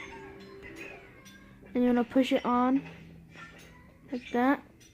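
A plastic toy brick piece is handled and pushed onto a toy brick butterfly knife build while someone talks. The piece has not clicked into place yet, so the knife is not finished.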